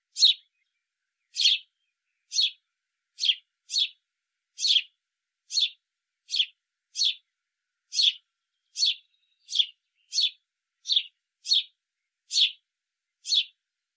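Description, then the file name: House sparrow calling repeatedly, about seventeen sharp chirps in fourteen seconds, some closely paired, others spaced out, against silence. "Passer domesticus"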